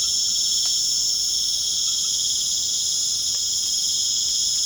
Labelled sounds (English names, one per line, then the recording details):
none
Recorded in pastures near Puerto Asís, Putumayo, Colombia, on 30 June 2025 at 19:30
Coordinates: 0.497, -76.327
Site G040